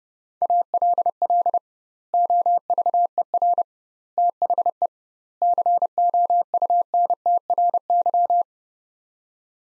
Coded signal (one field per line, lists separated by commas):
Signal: Morse code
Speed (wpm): 32 wpm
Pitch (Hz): 700 Hz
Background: none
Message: ALL OVER THE COUNTRY